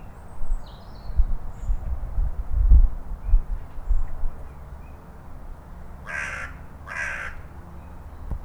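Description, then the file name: Carrion crow cawing twice in quick succession near the end, hoarse and grating, after several seconds of low rumbling and thumping noise with faint high chirps. "Corvus corone"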